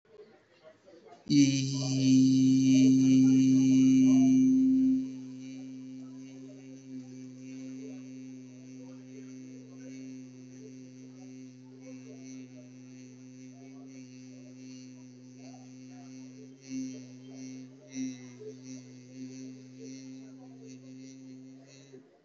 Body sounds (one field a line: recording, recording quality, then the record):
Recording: sustained vowel as in beet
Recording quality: excellent, no background noise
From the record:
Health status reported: healthy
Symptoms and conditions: asthma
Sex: male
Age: 31 years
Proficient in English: yes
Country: India